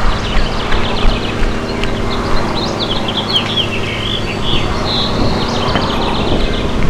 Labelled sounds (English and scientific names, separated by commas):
House Finch (Haemorhous mexicanus) song